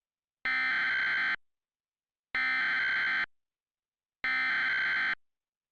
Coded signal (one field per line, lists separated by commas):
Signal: Emergency Alert System (SAME) tones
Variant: header bursts